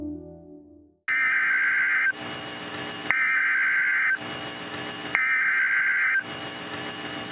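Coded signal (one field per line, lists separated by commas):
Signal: Emergency Alert System (SAME) tones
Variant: header bursts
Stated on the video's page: Fictional SAME alert from an unfinished scenario, with sirens.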